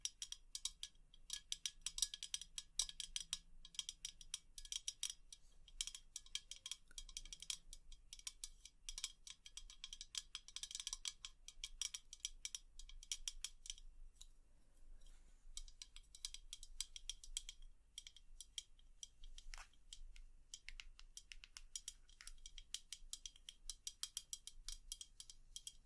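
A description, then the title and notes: Rapid, dense tapping with sharp, bright clicks runs throughout, thinning briefly around fifteen seconds, over a faint low hum. ASMR 100% Tapping for EXTREME tingles & sleep (No Talking).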